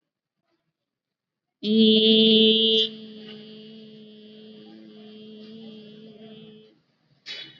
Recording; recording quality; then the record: sustained vowel as in beet; excellent, no background noise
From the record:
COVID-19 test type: RT-PCR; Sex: female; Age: 27 years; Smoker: no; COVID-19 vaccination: both doses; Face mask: worn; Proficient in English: yes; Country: India